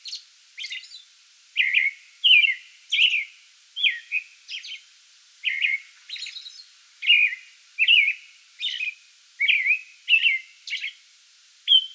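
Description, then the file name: American robin singing steadily, a rapid string of whistled caroling phrases mixed with high-pitched squeaky notes, nearly continuous throughout. Song bout, 8 May 2022. "2022-05-08 American Robin song bout"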